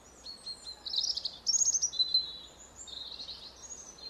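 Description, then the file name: European robin song: a continuous stream of high, thin, silvery notes mixing short trills with clear whistles, changing pitch from phrase to phrase. "Erithacus rubecula"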